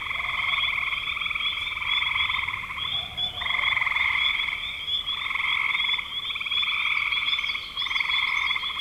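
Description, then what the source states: Frogs calling together in long pulsed trills with a short break, overlapping callers and a steady faint high whine. Spring frogs recorded in 2025.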